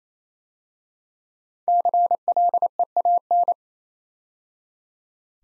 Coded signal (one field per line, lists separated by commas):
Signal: Morse code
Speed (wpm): 28 wpm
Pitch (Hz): 700 Hz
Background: none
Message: CLEAN